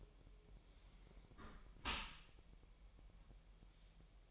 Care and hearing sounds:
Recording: daily activity, microphone in the room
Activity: close dishwasher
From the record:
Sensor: 1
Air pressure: 1000.5 hPa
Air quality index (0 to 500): 247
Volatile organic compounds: 140 ppm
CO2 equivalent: 3978 ppm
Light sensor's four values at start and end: 11/27/11/11 and 11/27/11/12

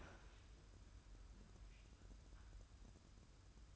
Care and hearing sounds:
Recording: daily activity, microphone in the room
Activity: open fridge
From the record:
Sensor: 2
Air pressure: 994.3 hPa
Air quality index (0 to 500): 212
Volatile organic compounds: 1000 ppm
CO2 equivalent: 7029 ppm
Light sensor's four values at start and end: 115/274/115/118 and 123/293/124/127

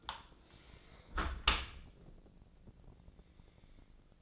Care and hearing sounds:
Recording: daily activity, microphone in the room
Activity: close dishwasher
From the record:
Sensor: 5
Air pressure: 1012.4 hPa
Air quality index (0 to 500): 164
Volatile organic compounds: 2 ppm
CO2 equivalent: 1114 ppm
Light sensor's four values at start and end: 132/317/135/150 and 131/314/134/149

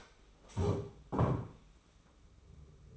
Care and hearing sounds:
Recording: daily activity, microphone in the room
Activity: stand up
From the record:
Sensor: 1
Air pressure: 991.7 hPa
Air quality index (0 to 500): 157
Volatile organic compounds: 1000 ppm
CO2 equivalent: 5840 ppm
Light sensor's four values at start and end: 31/103/40/41 and 30/102/39/40

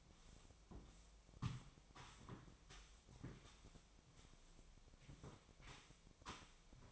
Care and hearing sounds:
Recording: daily activity, microphone in the room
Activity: sweep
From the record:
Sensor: 1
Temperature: 25.6 degrees Celsius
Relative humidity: 38.0%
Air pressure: 1007.0 hPa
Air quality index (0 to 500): 205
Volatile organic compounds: 23 ppm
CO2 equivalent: 2771 ppm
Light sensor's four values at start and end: 13/33/13/14 and 12/32/13/14

